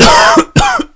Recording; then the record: coughing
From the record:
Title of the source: Coughing 51